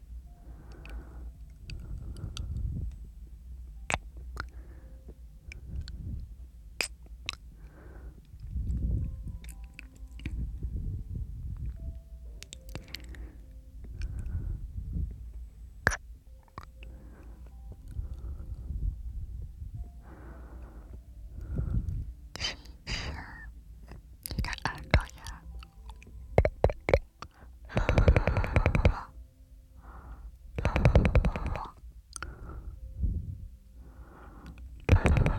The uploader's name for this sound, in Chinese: 空腔asmr按摩